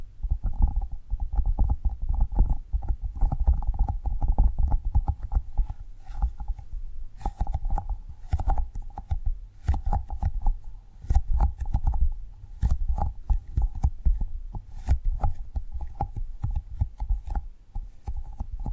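Tapping and gripping sounds: a dense, irregular run of soft muffled taps and low thumps that never lets up for the whole clip. A steady mid-pitched tone hums underneath, and sharper crackly touches break through now and then, especially from about seven seconds on.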